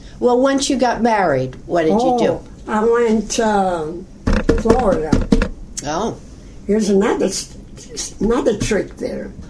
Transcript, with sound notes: Well, once you got married, what did you do?
Ohhh. I went umm, (bangs fist on table) Florida.
Oh.
Here's another s-s-trick there.